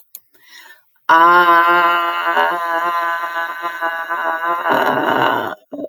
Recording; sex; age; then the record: vowel held as long as possible; female; 50 to 59 years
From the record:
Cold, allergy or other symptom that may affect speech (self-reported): no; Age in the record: 53 years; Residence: United States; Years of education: 13